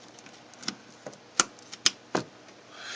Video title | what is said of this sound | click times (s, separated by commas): VTC HOW to build a computer part 2 | and make sure you hear the click if you don't hear the click it's not in it's just | 1.4 s, 1.9 s